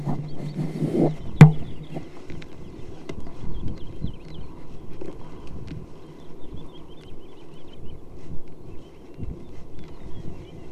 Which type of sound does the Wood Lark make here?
flight song